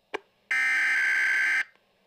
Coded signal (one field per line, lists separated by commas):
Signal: Emergency Alert System (SAME) tones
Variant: header bursts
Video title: Snow Squall Warning EAS 116